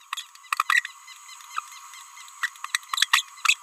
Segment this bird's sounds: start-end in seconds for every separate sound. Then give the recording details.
0.17-0.26, 0.69-0.83, 2.43-2.49, 2.74-2.77, 2.96-3.08, 3.13-3.22, 3.45-3.54. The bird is a male. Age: 30 days. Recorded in a nest box in Venezuela. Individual 17B31A1